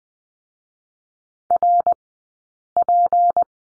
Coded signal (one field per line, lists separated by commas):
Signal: Morse code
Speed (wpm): 20 wpm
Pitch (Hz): 700 Hz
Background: none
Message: RP